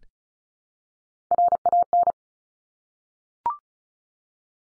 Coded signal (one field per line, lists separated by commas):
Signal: Morse code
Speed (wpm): 36 wpm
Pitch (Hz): 700 Hz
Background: none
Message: RAN